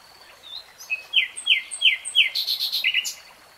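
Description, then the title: Nightingale song phrase of several loud downward-slurred whistles in quick succession, turning into a rapid buzzy run of harsher notes. Singing in real time. "[Tiếng chim hót] Nightingale Singing"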